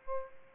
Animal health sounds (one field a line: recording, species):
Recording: mosquito wingbeat signal from an infrared sensor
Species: Aedes aegypti